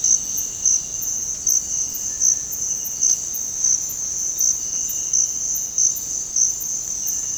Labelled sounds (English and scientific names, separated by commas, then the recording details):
Cinereous Tinamou (Crypturellus cinereus)
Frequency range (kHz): Cinereous Tinamou (Crypturellus cinereus) 1.3-2.1 kHz
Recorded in dense forest near Puerto Asís, Putumayo, Colombia, on 18 February 2024 at 06:30
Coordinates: 0.486, -76.316
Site G6437